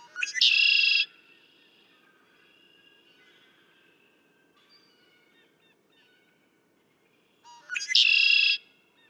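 Red-winged blackbird repeating its song twice, about seven seconds apart, each a quick lead-in followed by a harsh buzzy trill, with quiet between.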